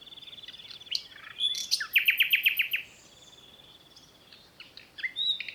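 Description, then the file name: Common nightingale singing a fast run of loud repeated chirps, with a high rattling trill above, then quieter scattered notes over steady background hiss. "Luscinia megarhynchos"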